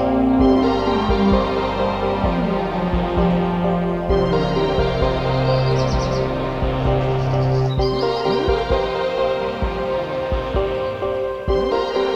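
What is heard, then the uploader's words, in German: A black redstart sings among other birds, short chirps and quick descending call notes scattered through the whole twelve seconds. Beneath them runs a steady low hum with sustained tones, and the overall level stays even, with brief breaks near four and eight seconds. Hausrotschwanz. Phoenicurus ochruros is a bird that catches flies in a nimble fashion.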